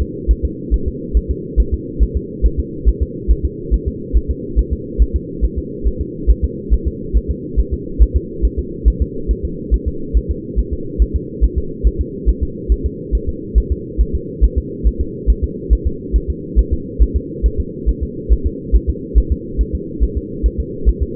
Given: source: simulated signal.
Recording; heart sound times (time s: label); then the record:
fetal heart sounds
0.02 s: S2
0.31 s: S1
0.45 s: S2
0.74 s: S1
0.88 s: S2
1.17 s: S1
1.31 s: S2
1.60 s: S1
1.74 s: S2
2.03 s: S1
2.17 s: S2
2.46 s: S1
2.60 s: S2
2.88 s: S1
3.02 s: S2
3.31 s: S1
3.45 s: S2
3.74 s: S1
3.88 s: S2
4.17 s: S1
4.31 s: S2
4.59 s: S1
4.73 s: S2
5.02 s: S1
5.16 s: S2
5.44 s: S1
5.58 s: S2
5.87 s: S1
6.01 s: S2
6.31 s: S1
6.44 s: S2
6.74 s: S1
6.88 s: S2
7.17 s: S1
7.31 s: S2
7.60 s: S1
7.74 s: S2
8.02 s: S1
8.16 s: S2
8.45 s: S1
8.59 s: S2
8.88 s: S1
9.02 s: S2
9.31 s: S1
9.45 s: S2
9.74 s: S1
9.88 s: S2
10.17 s: S1
10.31 s: S2
10.59 s: S1
10.73 s: S2
11.02 s: S1
11.16 s: S2
11.44 s: S1
11.58 s: S2
11.87 s: S1
12.01 s: S2
12.29 s: S1
12.43 s: S2
12.72 s: S1
12.86 s: S2
13.15 s: S1
13.29 s: S2
13.58 s: S1
13.72 s: S2
14.01 s: S1
14.15 s: S2
14.44 s: S1
14.58 s: S2
14.87 s: S1
15.01 s: S2
15.30 s: S1
15.44 s: S2
15.73 s: S1
15.87 s: S2
16.16 s: S1
16.30 s: S2
16.59 s: S1
16.73 s: S2
17.02 s: S1
17.16 s: S2
17.46 s: S1
17.60 s: S2
17.89 s: S1
18.03 s: S2
18.32 s: S1
18.46 s: S2
18.75 s: S1
18.89 s: S2
19.18 s: S1
19.32 s: S2
19.61 s: S1
19.75 s: S2
20.03 s: S1
20.17 s: S2
20.46 s: S1
20.60 s: S2
20.89 s: S1
21.03 s: S2
From the record:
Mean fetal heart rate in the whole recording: 140 bpm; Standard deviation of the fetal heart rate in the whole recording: 2 bpm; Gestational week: 34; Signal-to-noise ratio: -4.3 dB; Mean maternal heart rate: 72 bpm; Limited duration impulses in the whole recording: absent